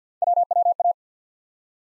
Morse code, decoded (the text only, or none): WWA